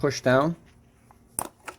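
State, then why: Released. Someone talks as a hand pushes down on the plastic retaining clip that holds the wiring harness rail on top of a 2014 Honda Accord 2.4L engine during a spark plug replacement. A sharp pop is heard at 1.4 s as the clip releases, so the rail can flop out of the way.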